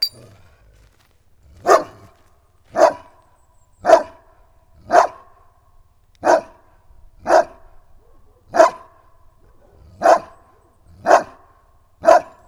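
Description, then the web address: St. Bernard barking steadily, a deep woof roughly every second. Farmyard recording of a St. Bernard in Nagykőrös, Hungary. "allathangok parasztudvar kutya bernathegyi nagykoros"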